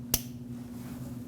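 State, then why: Seated. A plastic wiring harness connector is lined up and pressed onto the crankshaft position sensor of a 2006-2015 Lexus IS250 2.5L V6 engine. A single sharp snap sounds at 0.1 s (about 0.14 s) as it clicks in and seats, followed by a low steady hum.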